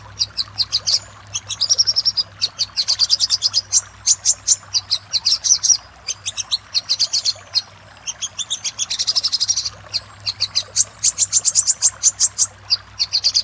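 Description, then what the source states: Little spiderhunter song: repeated bursts of high chattering notes with trilled stretches, continuing throughout with brief gaps. Master recording used for training cage birds, labelled 'Labaik'.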